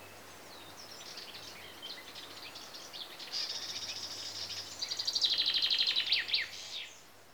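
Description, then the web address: Common chaffinch song, soft twittering building to a loud, rapid trill that ends in a short flourish. Recorded in Greece. "BBC Sound Effects Library. Greece. Birds (Chaffinches) And Insects"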